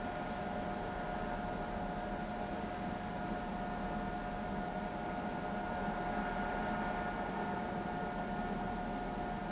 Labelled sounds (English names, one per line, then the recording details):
none
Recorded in pastures near Pivijay, Magdalena, Colombia, on 17 April 2023 at 02:30
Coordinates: 10.456, -74.369
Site P6-G026